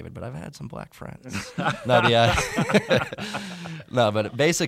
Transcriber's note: soundbite of laughter